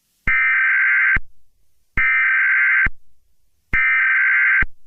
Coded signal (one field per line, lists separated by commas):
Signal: Emergency Alert System (SAME) tones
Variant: header bursts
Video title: eas scenario catemojibabyheat part 24 credits @USAAndGeorgia2K24